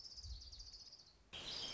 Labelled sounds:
Orange-crowned Warbler
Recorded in Sonoma County, California

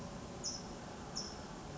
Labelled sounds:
California Towhee
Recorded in Sonoma County, California

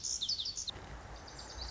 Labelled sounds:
Lazuli Bunting
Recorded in Sonoma County, California

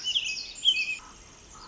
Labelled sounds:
Pacific Wren
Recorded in Sonoma County, California

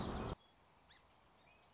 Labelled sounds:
Song Sparrow
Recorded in Sonoma County, California

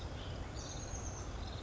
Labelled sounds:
Oak Titmouse
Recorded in Sonoma County, California

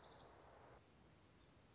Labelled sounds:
Orange-crowned Warbler
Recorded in Sonoma County, California

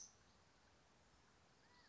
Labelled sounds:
California Quail
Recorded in Sonoma County, California

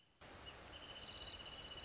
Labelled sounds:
Wrentit
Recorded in Sonoma County, California

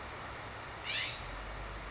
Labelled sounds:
California Scrub-Jay
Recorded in Sonoma County, California

